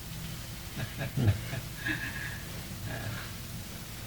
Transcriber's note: laughs